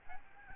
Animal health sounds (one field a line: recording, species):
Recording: mosquito wingbeat signal from an infrared sensor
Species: Aedes albopictus